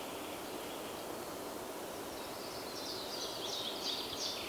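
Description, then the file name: Common chaffinch: a faint run of high notes in the second half against a steady background hiss. "Fringilla coelebs"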